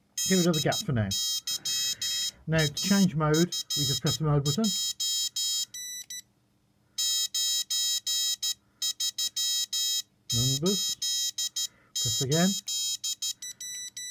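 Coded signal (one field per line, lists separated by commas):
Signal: Morse code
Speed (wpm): 13 wpm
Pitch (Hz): 3200 Hz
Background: speech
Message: DYAFJ 9388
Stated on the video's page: Morse generated by a pocket PT20 personal Morse tutor.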